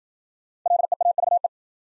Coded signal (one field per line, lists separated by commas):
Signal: Morse code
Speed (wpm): 52 wpm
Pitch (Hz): 700 Hz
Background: none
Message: LEAVE